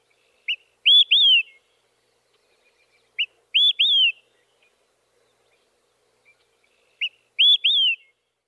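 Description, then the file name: Olive-sided flycatcher song: a short sharp note then two loud slurred whistles, rising then falling, the three-part phrase repeated three times every few seconds in silence. "dan gibsons solitudes olive sided flycatcher"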